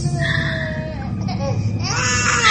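A young child who is sick with a sudden fever cries in a sustained, high-pitched wail, the sobbing voice wavering and growing louder and more strained toward the end.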